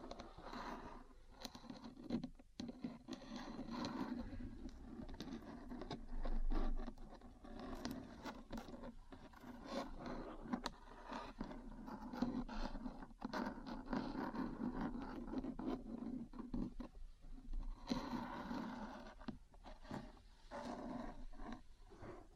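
Metal parts scrape and tap against each other in a dense, continuous grinding that barely lets up for the whole stretch. The tone is rough with a strong low rasp, broken by frequent short clicks and knocks, and a brief pause just before the three-second mark.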